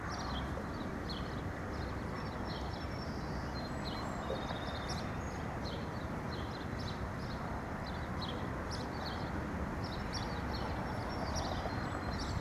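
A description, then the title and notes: Steady outdoor neighborhood ambience with a low, constant rumble of traffic and frequent bright chirps from small birds throughout. Outdoor Ambient Noise of the Neighborhood.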